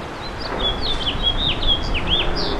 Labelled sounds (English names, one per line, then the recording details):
House Finch song
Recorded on Long Island, New York, on 8 May 2012
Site VS
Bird D